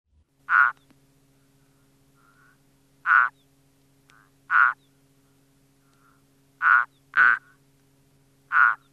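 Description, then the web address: Frog croaks: six short, loud, mid-pitched croaks at irregular intervals, two close together near the end, over a steady low hum. "Frog Frog Turtle"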